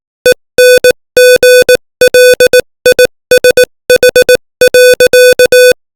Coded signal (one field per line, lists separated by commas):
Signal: Morse code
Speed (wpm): 18 wpm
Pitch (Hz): 500 Hz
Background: music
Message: ENGLISH.